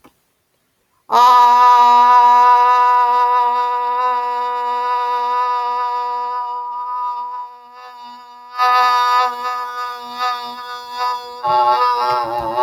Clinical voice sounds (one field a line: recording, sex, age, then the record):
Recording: vowel held as long as possible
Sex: female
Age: 40 to 49 years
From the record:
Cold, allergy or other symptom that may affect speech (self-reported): no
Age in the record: 42 years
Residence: Indiana, United States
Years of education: 16